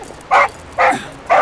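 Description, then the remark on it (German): A dog being fostered for a friend gives three short, evenly spaced barks with a yelping, whimpery edge, fairly loud and mid-pitched, with quiet pauses between them and no talking. “Du, seit wann hast du denn einen Hund”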